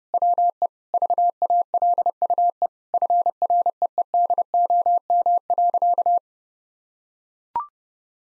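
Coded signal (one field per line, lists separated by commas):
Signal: Morse code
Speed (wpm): 32 wpm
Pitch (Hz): 700 Hz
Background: none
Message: WE VALUE FREEDOM.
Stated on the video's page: Morse practice at 30 wpm: sentences with common five-word phrases, sent, spoken, then sent again for head-copy.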